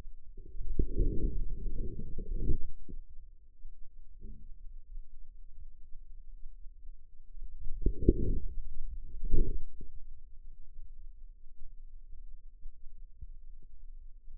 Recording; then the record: forearm muscle sounds (acoustic myography)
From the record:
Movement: outward rotation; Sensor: system 2, bracelet of six BSWA MPA416 microphones around the upper forearm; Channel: 5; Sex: male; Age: 22 years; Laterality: right